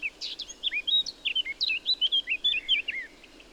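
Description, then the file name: Eurasian blackcap singing: soft chattering notes quickly give way to a loud, rich series of looping fluted whistles that descend at the close. "Sylvia atricapilla"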